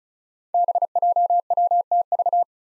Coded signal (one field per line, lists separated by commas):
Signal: Morse code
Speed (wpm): 36 wpm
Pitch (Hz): 700 Hz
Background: none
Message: BJWTV